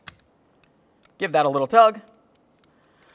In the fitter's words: now it's time for the window switch you know what to do press it in L and for a click